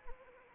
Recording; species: mosquito wingbeat signal from an infrared sensor; Anopheles arabiensis